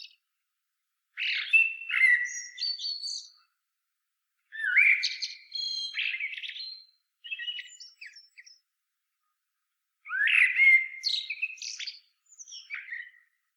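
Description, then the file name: Common blackbird song, several phrases of mellow whistles with harsher, high-pitched squeaky endings, separated by short pauses. "Turdus merula"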